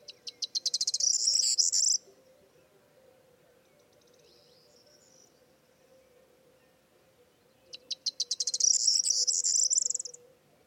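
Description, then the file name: Corn bunting singing a jingling song, accelerating clicks running into a bright, rattling trill, heard at the start and again about eight seconds later over a constant low hum. "Zden k Vermouzek - Prosyanka Emberiza calandra"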